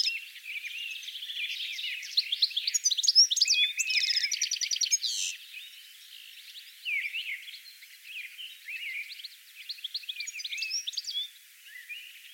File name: Stieglitz Gesang